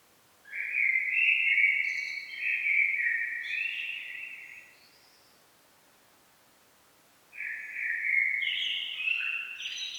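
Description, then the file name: Common blackbird delivering two separate warbled phrases, each fluty and melodic with higher squeaky flourishes, split by about two seconds of quiet. "Turdus merula"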